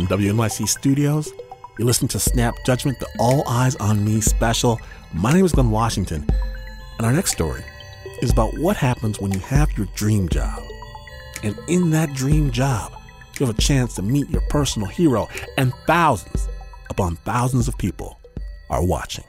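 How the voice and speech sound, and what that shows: A single adult man with a mid-low voice speaks fluently and clearly at an easy broadcast pace, pausing briefly between phrases. His pitch moves naturally and his consonants are crisp, with no blocks, repeats or slurring. This is ordinary speech, a radio host introducing the next story.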